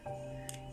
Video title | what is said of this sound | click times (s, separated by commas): Bagaimana kaedah untuk menukar bateri pada keyless remote kereta proton Iriz | Sampai bunyi klik juga | 0.5 s